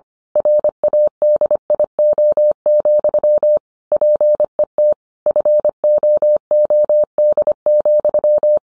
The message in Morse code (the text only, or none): RADIO, PET FOOD,